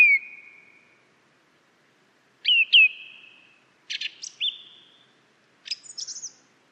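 Song thrush song: a few loud whistled phrases with drawn-out ringing tails, one note given twice quickly, then short scratchy motifs, with long gaps between.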